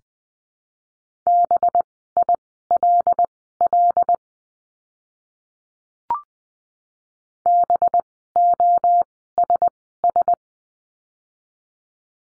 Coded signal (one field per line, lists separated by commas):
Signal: Morse code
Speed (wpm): 20 wpm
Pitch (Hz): 700 Hz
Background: none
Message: BILL BOSS